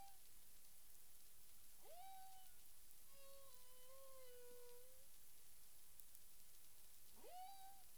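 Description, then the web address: Humpback whale calls: upswept moans rising to a held tone, then a wavering lower moan with overtones, another upsweep near the end, over steady underwater hiss. Caribbean waters, recorded 9 April 2002 at 18:06 UTC. "CARIMAM. humpback whale 20020409 180653 UTC"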